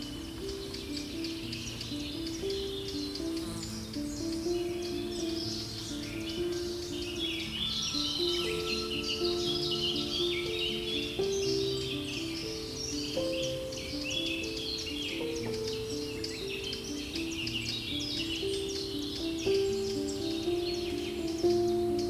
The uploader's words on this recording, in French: Avec les sons apaisants de la nature et une mélodie enveloppante.